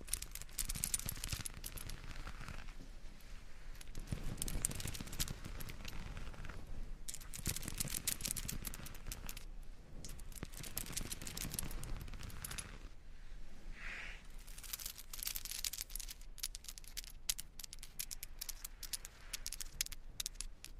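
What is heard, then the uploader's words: Tapping on headphones mixed with the rolling of massage rollers, a dense, fast stream of crisp clicks and rattles that rarely pauses. Bright bursts come in clusters with brief thinner gaps near 3, 10 and 13 seconds, over a low rumbling rub throughout. Headphone Tapping & Massage Rollers.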